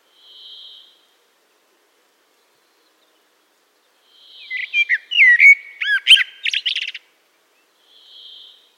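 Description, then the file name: Eurasian blackbird song: a single warbled phrase of mellow whistles that breaks into a high chattering flourish, with faint soft hissing notes before and after. "Turdus merula"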